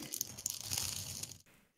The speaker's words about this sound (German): Jetzt mal mit dem Rascheln aufhören.